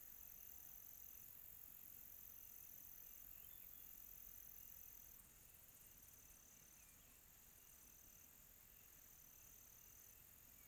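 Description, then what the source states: Cricket giving a steady high drone that changes and grows quieter midway. Quiet tropical night.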